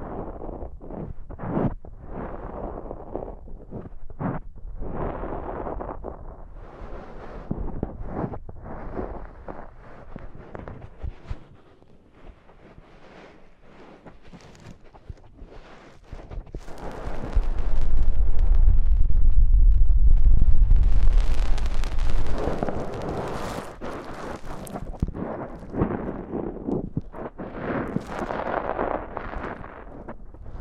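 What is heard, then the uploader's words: Deep ear cleaning, with dense rustling, scraping and crackling pressed against the ear in quick irregular bursts. A quieter stretch around eleven to sixteen seconds gives way to a loud, rumbling, muffled rush near twenty seconds, then the crackly scratching returns. ASMR INTENSE Deep Ear Cleaning (No Talking).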